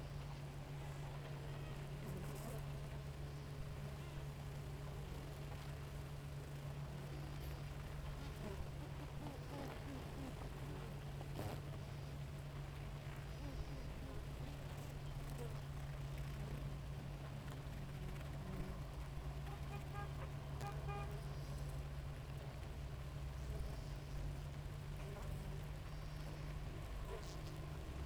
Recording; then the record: honeybee colony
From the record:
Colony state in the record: active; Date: 28 July 2017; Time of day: 5:41